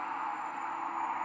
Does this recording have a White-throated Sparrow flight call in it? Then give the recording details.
no. No flight call is heard. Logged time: 23:32 on 15 December 2014